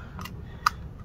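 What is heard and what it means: A keycap is pressed onto the butterfly key mechanism of a 2016–2019 MacBook Pro/Air laptop, one of several in-and-out repetitions, after a faint tick at 0.2 s. It snaps in with a sharp click at 0.7 s, and the keycap is seated.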